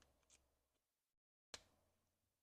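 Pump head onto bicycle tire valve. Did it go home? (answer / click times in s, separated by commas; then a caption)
yes / 1.5 s. A bicycle pump head is pushed onto a Clik valve adapter fitted to a bike tire valve stem. After faint handling noises and a brief near-silent gap, it snaps on with a single sharp click at 1.5 s, followed by a short fainter tick at the very end. The pump head is seated on the valve.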